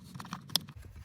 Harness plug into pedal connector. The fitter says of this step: sure it's popped in. Hear that click?